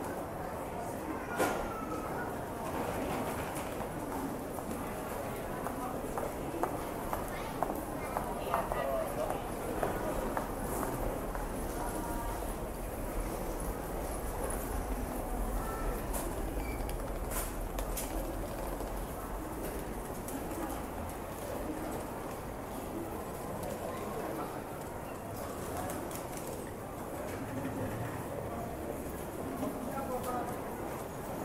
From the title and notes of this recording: It is a recording of a busy train station. You can hear the hustle and bustle of the station, people talking, trains coming and going, and other ambient noise.